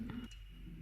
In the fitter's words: ഉപയോഗം കഴിഞ്ഞ് ഈ റിങ്ങിൽ ഒന്ന് വലിച്ചാൽ മതി. ഇത് ലോക്ക് ആവും.